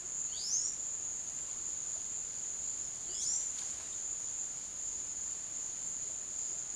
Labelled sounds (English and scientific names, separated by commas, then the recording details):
Palm Tanager (Thraupis palmarum)
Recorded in dense forest near Puerto Asís, Putumayo, Colombia, on 18 February 2024 at 13:00
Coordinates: 0.505, -76.324
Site G6467